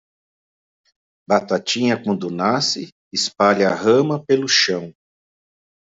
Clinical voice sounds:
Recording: short text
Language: Brazilian Portuguese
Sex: male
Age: 50 to 59 years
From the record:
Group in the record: control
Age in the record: 56 years

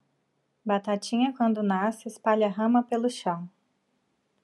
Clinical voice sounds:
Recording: short text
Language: Brazilian Portuguese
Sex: female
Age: 30 to 39 years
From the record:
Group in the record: control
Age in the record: 38 years

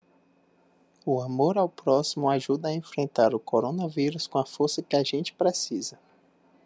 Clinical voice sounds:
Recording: spoken sentence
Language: Brazilian Portuguese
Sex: male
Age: 20 to 29 years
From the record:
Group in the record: control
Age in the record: 29 years

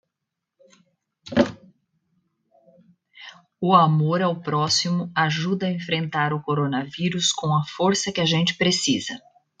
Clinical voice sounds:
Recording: spoken sentence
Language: Brazilian Portuguese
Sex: female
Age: 40 to 49 years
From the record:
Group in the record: control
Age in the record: 45 years

